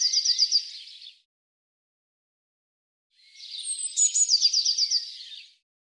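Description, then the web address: Eurasian blue tit calling: the end of one rapid trill, a pause, then high sharp notes leading into a quick, regular trill. "Deverinetal"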